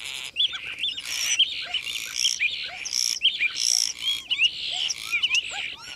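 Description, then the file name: Common starling song mixing loud rattling bursts with many short up-and-down whistled slurs and chirps, a busy jumbled warble throughout. "kuldnokk"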